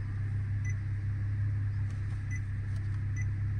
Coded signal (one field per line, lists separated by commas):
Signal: none